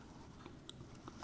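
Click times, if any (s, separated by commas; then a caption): none. A roll of 35 mm film is being loaded into a film camera, with the leader being fitted onto the take-up spool or sprockets and the camera back handled. Soft handling noise and a few faint small ticks are heard over a low, steady background. Nothing has seated or clicked yet.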